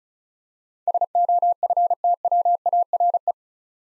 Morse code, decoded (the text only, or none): SOFTWARE